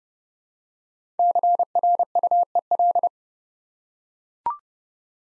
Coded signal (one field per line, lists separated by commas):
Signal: Morse code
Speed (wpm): 30 wpm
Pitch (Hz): 700 Hz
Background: none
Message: CRUEL